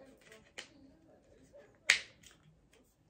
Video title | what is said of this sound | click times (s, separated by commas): Purse hanger shopping video | this pops right in so we got both of the hooks in and then these plastic pieces just pop right in | 1.9 s